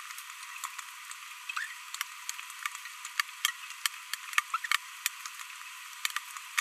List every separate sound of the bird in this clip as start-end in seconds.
4.54-4.56